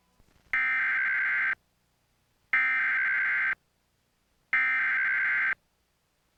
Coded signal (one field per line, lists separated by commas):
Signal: Emergency Alert System (SAME) tones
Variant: header bursts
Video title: Oddity Archive: Episode 51 - Weather Warnings